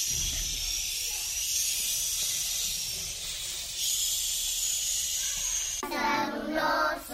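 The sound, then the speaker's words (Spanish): A loud, steady, hissing whoosh of wind in a snowstorm blows without pause, swelling slightly midway, and near the end a higher, howling tone rises over the rushing noise. “Una tormenta de viento y nieve.”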